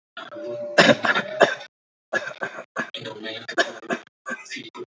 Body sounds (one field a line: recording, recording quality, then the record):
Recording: shallow voluntary cough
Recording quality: moderate, slight background noise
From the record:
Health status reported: healthy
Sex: male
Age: 44 years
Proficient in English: yes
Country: India